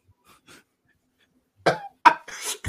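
Faint sounds give way to about three short, harsh, noisy bursts of coughing from an adult in a room.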